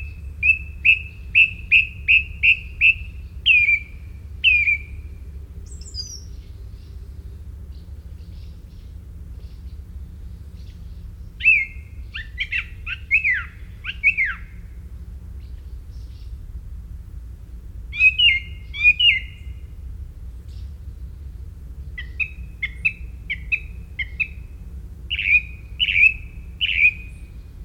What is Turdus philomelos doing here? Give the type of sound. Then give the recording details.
song. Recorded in the wild. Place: Lohme, Insel Rügen, Mecklenburg-Vorpommern, DE. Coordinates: 54.565, 13.615. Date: 1981-06-24 06:18. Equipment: Nagra III BH, Sennheiser MD 21, parabola. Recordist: Schubert, Michael